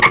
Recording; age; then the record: pig call; piglet (1 to 25 days)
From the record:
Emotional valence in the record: positive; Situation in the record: after nursing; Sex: male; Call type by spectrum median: low-frequency call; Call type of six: high-frequency stable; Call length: 0.11 s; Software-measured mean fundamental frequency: 226 Hz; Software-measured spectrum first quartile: 1065 Hz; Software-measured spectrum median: 1881 Hz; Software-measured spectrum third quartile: 2532 Hz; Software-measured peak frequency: 2144 Hz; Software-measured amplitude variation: 148 dB a second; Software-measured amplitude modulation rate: 4.6 a second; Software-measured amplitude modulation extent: 32.5 dB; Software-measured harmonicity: 2.2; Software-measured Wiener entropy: -1.55